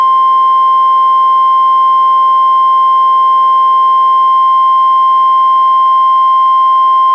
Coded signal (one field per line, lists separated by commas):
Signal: Emergency Alert System (SAME) tones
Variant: 1050 Hz attention tone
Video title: EAS #272-273: 2 NWR Required Weekly Tests- Oct. 10-17, 2018